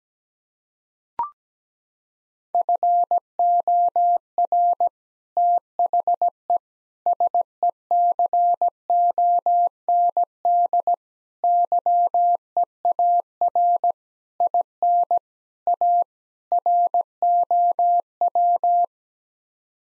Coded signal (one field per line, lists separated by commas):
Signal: Morse code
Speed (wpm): 17 wpm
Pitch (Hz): 700 Hz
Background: none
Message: FOR THE SECOND YEAR IN A ROW